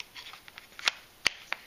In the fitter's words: Clicks back in with a positive click, and there's a little bit more paracord as well for